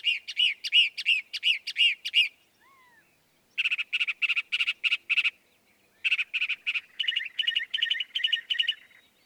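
Northern mockingbird song with rapid repeated chirps in sets, a quiet pause with a faint slurred note, then further runs of sharp repeated notes.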